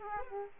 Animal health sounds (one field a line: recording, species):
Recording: mosquito wingbeat signal from an infrared sensor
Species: Aedes aegypti